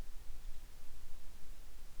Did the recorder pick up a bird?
yes